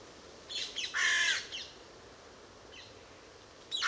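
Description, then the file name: Carrion crow call: a short harsh caw with a couple of softer scratchy notes before it, then quiet hiss and a faint later note. "Corvus corone"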